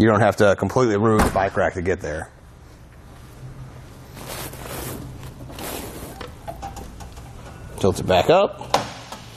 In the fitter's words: That latch snaps back into place, letting you know it's nice and sturdy.